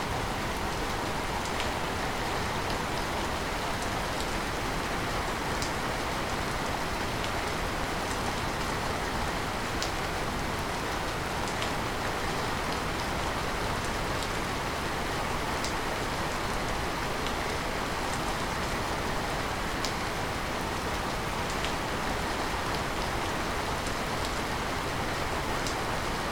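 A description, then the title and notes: Steady, dense rain falls without pause, a constant hiss with a soft low rumble underneath. Brief bright ticks of individual drops land every second or so, scattered across the whole stretch, and the level holds even from start to finish. Rainy Night Delight | Relaxing Rain. Relaxing rain and nature sounds. Rain Sounds.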